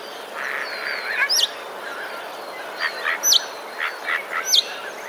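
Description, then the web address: Common starling song: soft chattering notes with a sharp, high whistle repeated three times, about every one and a half seconds. Mimicry of sparrow sounds; recorded 16 March 2024. "wroblowe zapozyczenia szpaki 16 03 2024"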